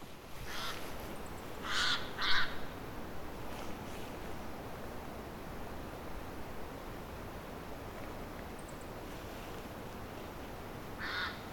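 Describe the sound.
Bird giving a few harsh, cawing calls, several early on with a pair close together, and one more near the end, over a steady hiss of background noise.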